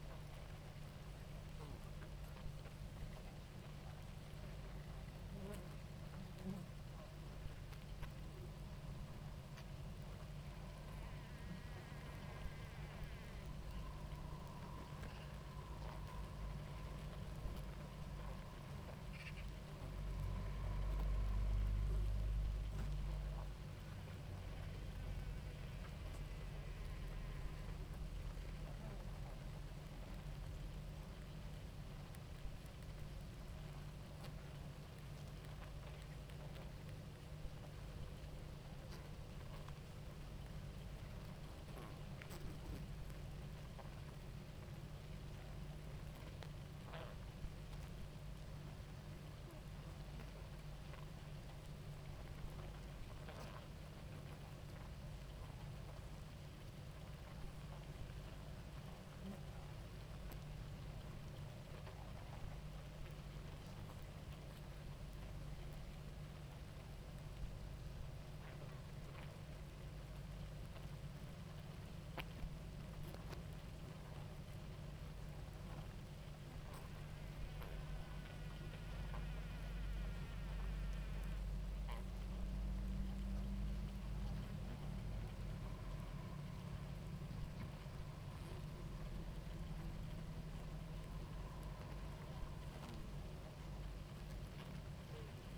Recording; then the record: honeybee colony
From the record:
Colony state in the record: active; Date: 28 July 2017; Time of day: 18:41